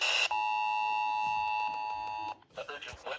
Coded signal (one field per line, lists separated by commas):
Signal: Emergency Alert System (SAME) tones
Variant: 853 and 960 Hz attention tone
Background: speech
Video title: Extreme Calamity II: Flash Flood Madness! EAS Alerts from 7/16/2026 (EAS 581-651)